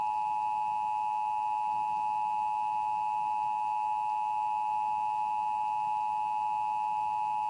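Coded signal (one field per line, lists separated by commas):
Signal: Emergency Alert System (SAME) tones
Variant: 853 and 960 Hz attention tone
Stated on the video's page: Utah Required Monthly Test originated by a radio station, relayed to all Utah radio and TV stations, caught live on a TV station's newscast stream.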